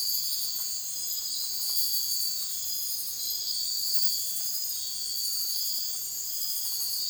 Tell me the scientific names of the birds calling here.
none